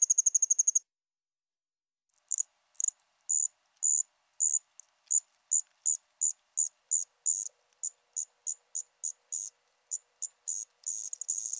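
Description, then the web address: Allard's ground cricket: a brief high trill, a pause, then a quick series of short buzzy pulse bursts, building into a longer trill. "Crickets and Katydids. Allard's Ground Cricket, Allonemobius allardi"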